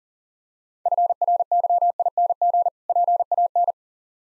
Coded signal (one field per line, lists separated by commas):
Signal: Morse code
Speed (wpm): 42 wpm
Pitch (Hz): 700 Hz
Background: none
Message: FRYING PAN